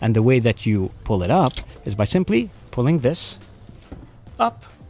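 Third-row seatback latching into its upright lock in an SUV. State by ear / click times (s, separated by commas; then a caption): not seated / none. Someone talks while pulling the strap to raise the folded third-row seat in the cargo area of an MG RX8 SUV, with light handling noise under the speech. The seatback is being brought up toward its upright lock, but nothing has seated or clicked yet.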